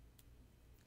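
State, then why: Seated. The insert tab of a gold bracelet clasp is pushed home into its box clasp, and the double safety is closed. A short, bright click sounds at 0.2 s over a low, steady background hum. The tab seats and the clasp is secured.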